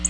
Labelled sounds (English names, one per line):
Black-throated Blue Warbler flight call